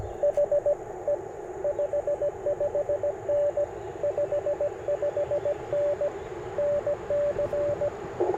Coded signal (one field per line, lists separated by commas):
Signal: Morse code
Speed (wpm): 21 wpm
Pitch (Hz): 590 Hz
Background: radio noise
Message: HE 55N 55N NC